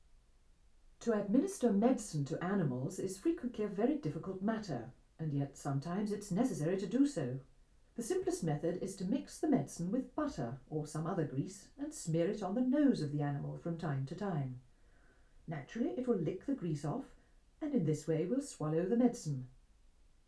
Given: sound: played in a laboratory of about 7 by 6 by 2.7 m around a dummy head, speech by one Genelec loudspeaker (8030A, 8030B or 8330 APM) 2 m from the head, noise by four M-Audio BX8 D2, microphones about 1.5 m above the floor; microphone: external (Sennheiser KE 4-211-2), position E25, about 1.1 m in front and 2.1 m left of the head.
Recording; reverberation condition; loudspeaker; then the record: female speech in English; low; 90 degrees to the left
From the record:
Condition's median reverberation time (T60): about 310 ms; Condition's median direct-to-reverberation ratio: about 3.5 dB